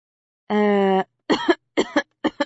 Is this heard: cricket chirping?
no